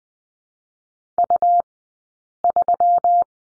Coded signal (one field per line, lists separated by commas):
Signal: Morse code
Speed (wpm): 20 wpm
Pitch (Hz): 700 Hz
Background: none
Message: U3